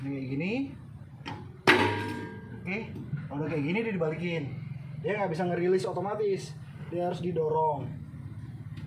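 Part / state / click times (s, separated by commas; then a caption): manual operating lever into its locked position on a recloser / not seated / none. Someone talks while the manual operating lever of a pole-mounted recloser is being reset with a hot stick; the lever cannot release on its own and has to be pushed until it locks into its locked position. A brief sharp sound rises over the speech at about 1.3 s, but the lever has not yet locked or clicked into place by the end.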